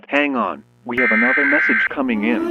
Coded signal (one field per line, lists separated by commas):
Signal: Emergency Alert System (SAME) tones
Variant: header bursts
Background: speech